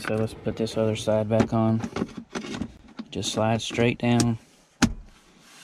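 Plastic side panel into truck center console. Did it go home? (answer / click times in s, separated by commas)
yes / 4.8 s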